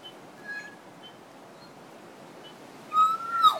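Kokako song: a few faint high notes, then a loud, long, pure note held steady before sliding downward near the end, with soft background hiss.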